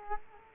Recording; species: mosquito wingbeat signal from an infrared sensor; Culex quinquefasciatus